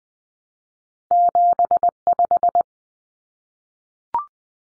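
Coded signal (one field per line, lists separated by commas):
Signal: Morse code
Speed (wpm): 20 wpm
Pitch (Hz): 700 Hz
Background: none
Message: 75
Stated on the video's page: Cut-number practice at 20 wpm, with T, A, N for 0, 1, 9; each two-digit number is sent twice.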